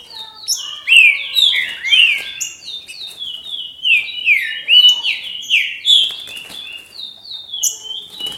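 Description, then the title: Green-winged saltator song: nearly continuous stream of loud, slurred whistles, rising and falling in quick succession with little pause. "Trinca Ferro"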